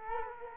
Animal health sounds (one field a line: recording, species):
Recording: mosquito wingbeat signal from an infrared sensor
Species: Culex quinquefasciatus